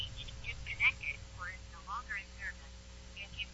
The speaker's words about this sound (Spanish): Estoy marcando yo de mi celular. Y pongo aquí el speaker.